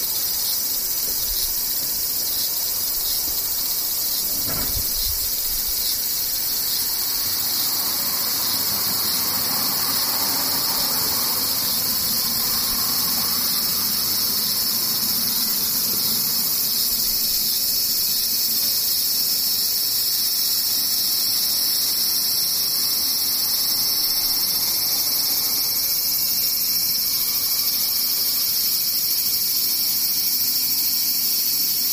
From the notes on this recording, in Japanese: セミ